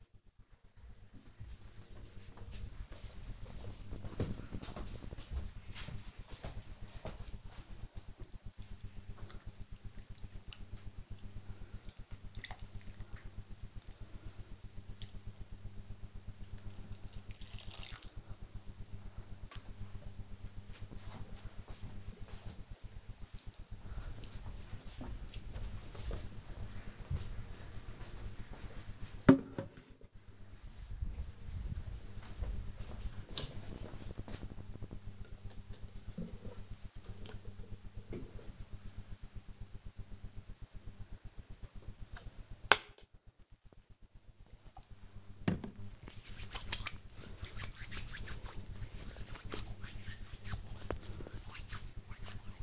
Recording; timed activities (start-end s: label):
household activities, microphone on the right wrist
0.00-19.32 s: watering plant
41.46-52.63 s: disinfecting hands